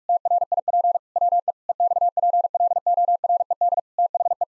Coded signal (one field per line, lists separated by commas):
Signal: Morse code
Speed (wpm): 46 wpm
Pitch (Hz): 700 Hz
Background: none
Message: TRIP WE EXPLORED THE